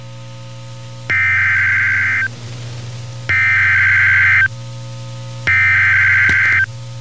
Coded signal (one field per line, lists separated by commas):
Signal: Emergency Alert System (SAME) tones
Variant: header bursts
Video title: Severe T'Storm Warning (EAS #368)